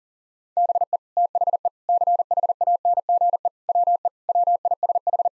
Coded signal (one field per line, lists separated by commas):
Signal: Morse code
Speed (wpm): 40 wpm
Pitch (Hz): 700 Hz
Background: none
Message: BE THE CHANGE WE WISH